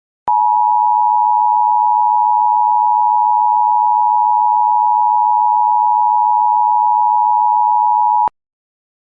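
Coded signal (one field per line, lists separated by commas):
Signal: Emergency Alert System (SAME) tones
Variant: 853 and 960 Hz attention tone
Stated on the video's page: Fictional EAS scenario, a simulated alert rather than a real broadcast.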